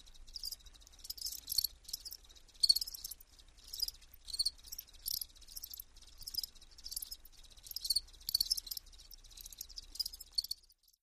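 Insect stridulation: short, dry, high-pitched rasping bursts repeated about once a second, with quieter gaps between them.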